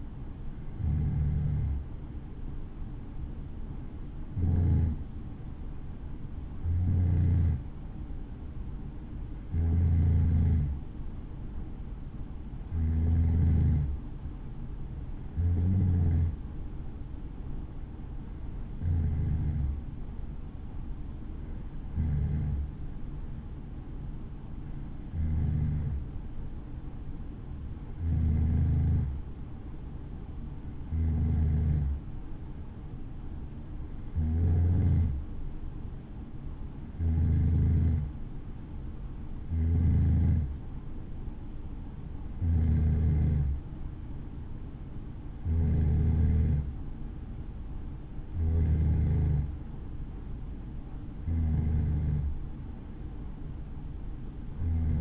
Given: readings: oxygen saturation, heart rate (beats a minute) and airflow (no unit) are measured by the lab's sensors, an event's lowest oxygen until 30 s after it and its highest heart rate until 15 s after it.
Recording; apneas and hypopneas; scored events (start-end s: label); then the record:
breathing in sleep by a smartphone at the bedside; none
54.00-55.01 s: new sleep stage, N3 (deep sleep)
From the record:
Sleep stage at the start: N2 (light sleep); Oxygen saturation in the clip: 92 to 93%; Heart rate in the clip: 61 to 68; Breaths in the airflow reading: 19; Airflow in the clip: -5.0 to 4.2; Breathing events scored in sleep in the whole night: 216 in 7.0 hours asleep